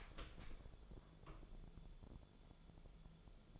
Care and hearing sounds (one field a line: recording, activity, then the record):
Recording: daily activity, microphone in the room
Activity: open door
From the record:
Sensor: 5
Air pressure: 1015.3 hPa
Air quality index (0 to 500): 217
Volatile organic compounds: 12 ppm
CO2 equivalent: 2361 ppm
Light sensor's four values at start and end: 35/80/32/31 and 35/80/32/31